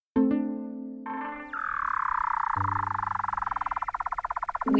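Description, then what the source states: Weddell seal calls: steady tonal notes, then a long descending whistle that breaks into a rapid pulsed trill, with low tones beneath. Weddell seals of Antarctica, which live there year-round.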